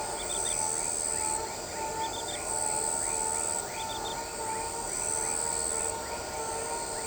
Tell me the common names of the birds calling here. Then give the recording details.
none. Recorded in shrubland near Pivijay, Magdalena, Colombia, on 14 April 2023 at 21:00. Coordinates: 10.453, -74.365. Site P5-G022